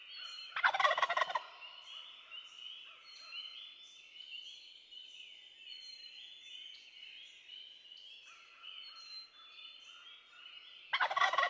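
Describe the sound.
Wild turkey gobbles, a loud rapid rattling burst near the start and another at the end, over a steady chorus of high twittering songbirds.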